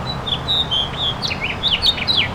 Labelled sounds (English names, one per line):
House Finch song